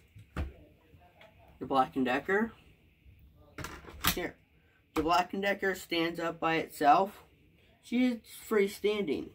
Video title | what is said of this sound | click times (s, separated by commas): show my Hoover fushion cordless and the black and decker powerseries extreme cordless | it will click into place the | 0.4 s